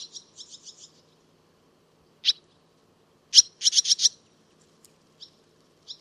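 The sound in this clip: Barn swallow giving short, sharp chirps, first a quick run of several twittering notes, then single chirps and a tight burst of four bright notes.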